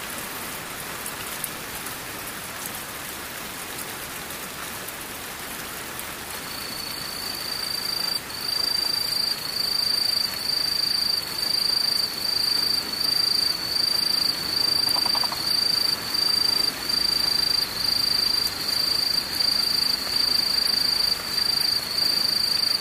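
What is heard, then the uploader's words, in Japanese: An insect chorus: a soft, steady hiss of many insects fills the first few seconds. Around six to eight seconds a bright, high trill joins and grows louder, pulsing rapidly and evenly through to the end over the constant background chirring. ムシ合唱。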